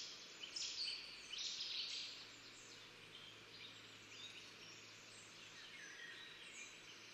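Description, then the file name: Eurasian wren: two loud, rasping high bursts in the first two seconds, then only faint high sounds over a constant hiss. "Troglodytes troglodytes"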